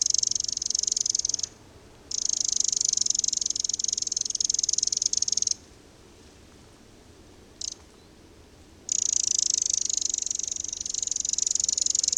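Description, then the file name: Eurasian wren rattling in long, harsh, high churring runs of up to several seconds, broken by a short pause and one longer pause containing a short click. "Eurasian Wren (Troglodytes troglodytes)"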